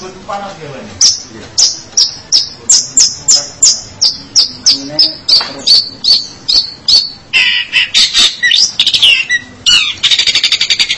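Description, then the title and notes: Long-tailed shrike singing a steady run of clear, falling whistled notes, then breaking into rapid scratchy chatter. "Pentet 201703. Suara burung pentet"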